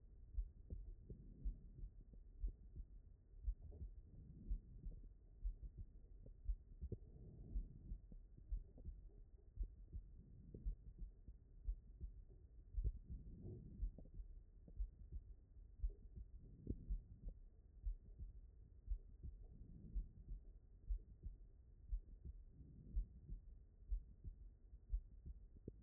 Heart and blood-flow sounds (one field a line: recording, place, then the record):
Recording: heart sounds by stethoscope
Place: pulmonary valve (PV)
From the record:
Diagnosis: non-HFrEF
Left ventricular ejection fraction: 64%